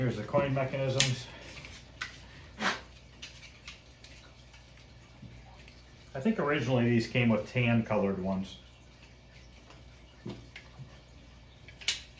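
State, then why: Seated. During a Journey arcade cabinet restoration, a part of the coin mechanism is pressed into its mount on the arcade coin door while someone talks. Light clicks and handling sounds come first, then a sharp snap at 11.9 s as the part seats in place.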